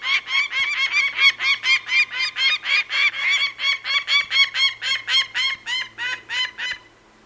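Peregrine falcon giving a harsh, rapid cackling call, about four grating notes a second in an unbroken run that stops abruptly near the end.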